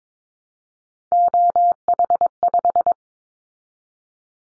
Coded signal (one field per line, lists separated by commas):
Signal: Morse code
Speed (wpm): 22 wpm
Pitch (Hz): 700 Hz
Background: none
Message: OH5